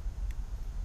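A rubber dust seal on a Honda CRF230M brake caliper is pressed by finger into its groove in the caliper. Over a low background rumble, a short, faint pop at 0.3 s marks the seal seating in its groove, and someone talks.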